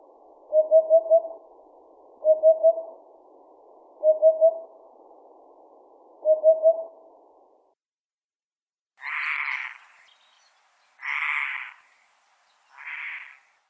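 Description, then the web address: Eurasian hoopoe call: soft, low hooted triple notes repeated four times about every two seconds, then three harsher, broader notes in a quiet background. Russia. "aves da russia poupa upupa epops"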